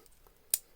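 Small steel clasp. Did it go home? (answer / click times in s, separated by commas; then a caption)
yes / 0.5 s. The pressed steel deployant clasp with double push buttons on a Benyar BY-5177 watch bracelet is pushed closed; two faint ticks come first, then a single sharp, bright click at 0.5 s as it snaps shut. The clasp is locked and secure.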